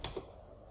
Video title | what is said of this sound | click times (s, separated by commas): 02 Best way to set up a microscope for optimum resolution. | ah you heard it click into place that's good | 0.0 s